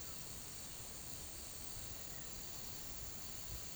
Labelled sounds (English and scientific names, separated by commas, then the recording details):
none
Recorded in pastures near Puerto Asís, Putumayo, Colombia, on 8 March 2025 at 16:30
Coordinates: 0.486, -76.323
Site G075